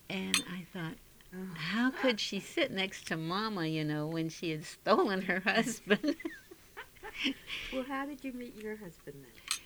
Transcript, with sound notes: And I thought how could she sit next to Mama, you know, when she had stolen her husband. (they laugh)
Well, how did you meet your husband then?